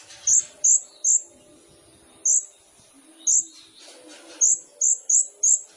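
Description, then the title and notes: Sunbird calls: sharp, very high single chips given irregularly, several in quick succession near the end, with faint low background sound. Indonesian masteran training recording of a gacor (actively singing) sunbird, full of isian (fills) and luxurious tembakan (bursts), suitable as pancingan to prompt other birds to sing. "MASTERAN KOLIBRI NINJA TERBAIK FULL ISIAN DAN TEMBAKAN MEWAH COCOK BUAT PANCINGAN. Suara Burung Kolibri Ninja Gacor"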